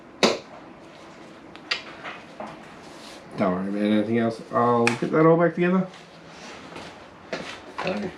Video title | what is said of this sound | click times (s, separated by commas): SUBARU FORESTER TURBO // MY PAINT MATCHES MY OIL | it should click in. | 0.2 s